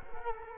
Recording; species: mosquito wingbeat signal from an infrared sensor; Culex quinquefasciatus